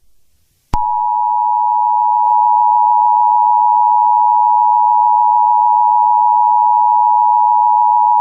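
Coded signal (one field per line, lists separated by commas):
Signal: Emergency Alert System (SAME) tones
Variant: 853 and 960 Hz attention tone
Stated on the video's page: Simulated SAME tones for a fictional Nevada AMBER Alert, audio made in Audacity.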